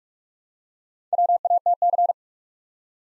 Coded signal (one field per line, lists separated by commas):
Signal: Morse code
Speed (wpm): 44 wpm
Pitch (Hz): 700 Hz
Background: none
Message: WATC